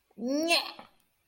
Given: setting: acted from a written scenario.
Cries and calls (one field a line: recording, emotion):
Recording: vocal sound without words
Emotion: contempt